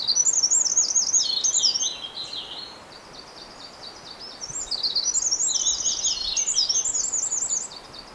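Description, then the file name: Eurasian wren song: loud rapid bursts of high trills and sharp notes, one long phrase then a pause and a second phrase. "Troglodytes troglodytes"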